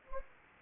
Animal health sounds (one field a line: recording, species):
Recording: mosquito wingbeat signal from an infrared sensor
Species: Anopheles gambiae